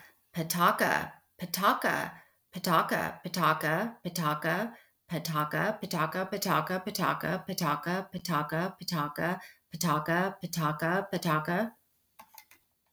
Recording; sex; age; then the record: repeated syllables /pa ta ka/; female; 50 to 59 years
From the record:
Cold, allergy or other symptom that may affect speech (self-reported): no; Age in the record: 51 years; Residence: United States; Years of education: 18